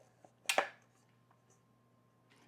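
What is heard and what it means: A metal reflector is twisted onto the Bowens mount of a Godox Litemons LE300Bi 300W bicolor LED video light, and it locks into place at 0.5 s with a sharp metallic clack followed by a second ringing hit at 0.6 s. A faint tick comes just before at 0.3 s, and a steady low hum runs underneath. The reflector sits seated with no wiggle.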